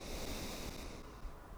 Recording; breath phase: one breath near a microphone; exhalation